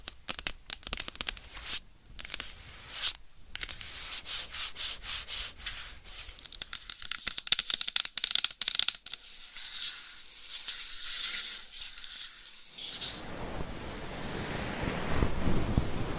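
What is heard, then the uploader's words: Scratching and rubbing sounds shift from one texture to another every few seconds. Dense, bright scraping runs through the first twelve seconds with quick strokes and brief pauses. Near thirteen seconds it changes to a fuller, lower rubbing that grows louder to the end. Changing Triggers Every Few Seconds Scratching , Tapping , Massage & More.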